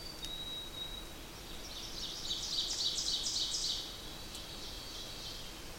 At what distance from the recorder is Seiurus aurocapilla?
about 35 m